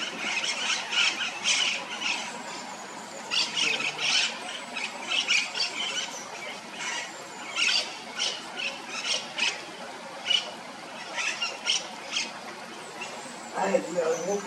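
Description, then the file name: Austral parakeets giving harsh, grating squawks in quick irregular bursts over a constant background hiss. "cachana enicognathus ferrugineus"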